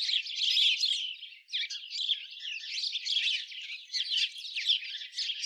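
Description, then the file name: House sparrows chattering: continuous dense high chirps and twittering notes, one short dip after the first second, then the busy chirping resumes to the end. "Passer domesticus"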